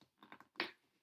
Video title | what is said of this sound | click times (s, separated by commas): Condensation Chamber Experiment | it's still not on there there we go did you hear it click okay so | 0.6 s